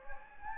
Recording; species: mosquito wingbeat signal from an infrared sensor; Anopheles gambiae